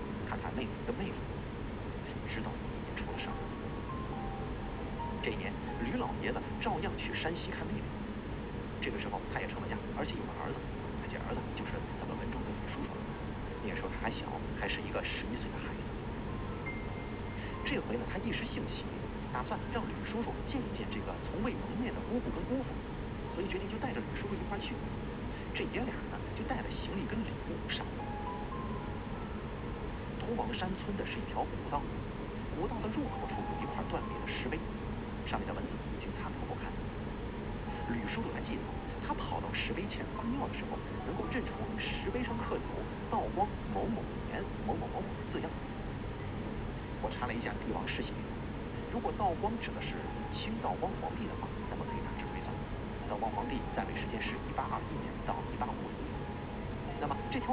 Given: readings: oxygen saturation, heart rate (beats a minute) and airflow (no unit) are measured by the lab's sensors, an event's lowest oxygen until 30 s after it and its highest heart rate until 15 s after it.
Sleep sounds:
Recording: a person awake in a sleep study, by a voice recorder at the bedside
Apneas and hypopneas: none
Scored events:
0.00-57.53 s: awake
From the record:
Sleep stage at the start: awake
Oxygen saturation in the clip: 93 to 95%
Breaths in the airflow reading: 14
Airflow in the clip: -2.0 to 3.8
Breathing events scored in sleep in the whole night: 335 in 6.7 hours asleep

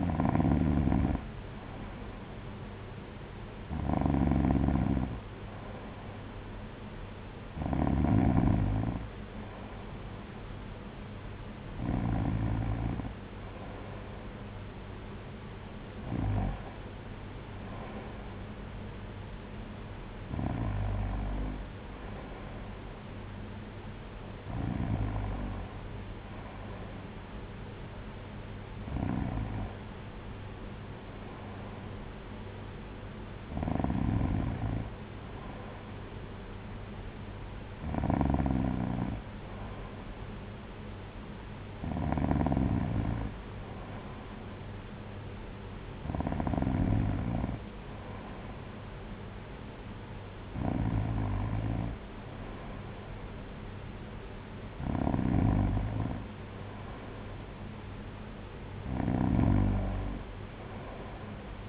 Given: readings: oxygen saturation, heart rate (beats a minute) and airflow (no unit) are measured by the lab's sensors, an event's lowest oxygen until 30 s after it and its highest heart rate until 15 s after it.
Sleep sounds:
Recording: breathing in sleep by a voice recorder at the bedside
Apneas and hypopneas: none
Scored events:
49.00-61.69 s: new sleep stage, N1 (lightest sleep)
From the record:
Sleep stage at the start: N2 (light sleep)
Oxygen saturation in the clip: 94%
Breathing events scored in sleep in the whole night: 226 in 8.8 hours asleep

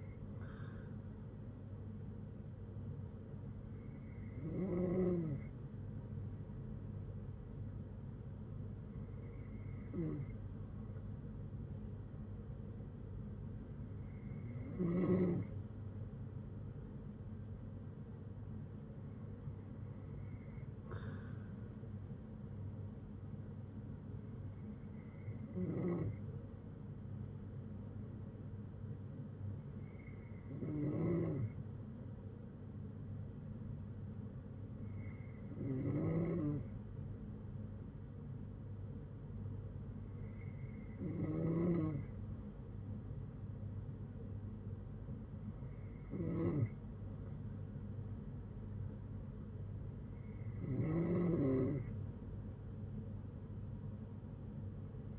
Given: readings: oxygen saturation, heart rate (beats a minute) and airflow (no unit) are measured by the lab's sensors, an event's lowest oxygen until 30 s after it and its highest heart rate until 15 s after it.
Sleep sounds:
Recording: breathing in sleep by a smartphone at the bedside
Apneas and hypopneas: none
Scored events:
none scored
From the record:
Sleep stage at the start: N3 (deep sleep)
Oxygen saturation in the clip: 93 to 95%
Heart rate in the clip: 57 to 68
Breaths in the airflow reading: 11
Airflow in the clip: -7.9 to 5.9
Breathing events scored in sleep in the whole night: 182 in 7.4 hours asleep

